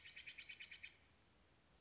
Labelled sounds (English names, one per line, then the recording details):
Steller's Jay
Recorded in Sonoma County, California